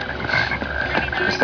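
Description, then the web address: Toad call, a brief steady trilling tone with a rough texture, set against broad background noise. "roswell king 0 toads"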